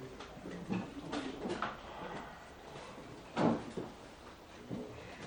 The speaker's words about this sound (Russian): Я пересяду на этот стул.